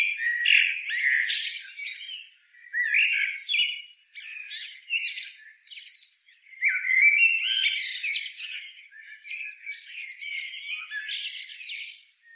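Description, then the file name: Common blackbird singing: low warbled phrases followed by high squeaky twitters, each phrase a few seconds long with short pauses between. "Turdus merula"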